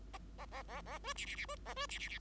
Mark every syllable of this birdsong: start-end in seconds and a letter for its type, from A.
0.38-0.45 A, 0.51-0.62 A, 0.68-0.81 A, 0.85-0.98 A, 1.03-1.13 B, 1.15-1.26 C, 1.26-1.36 C, 1.36-1.45 C, 1.48-1.56 B, 1.65-1.74 A, 1.76-1.86 B, 1.89-1.99 C, 1.99-2.08 C, 2.08-2.18 C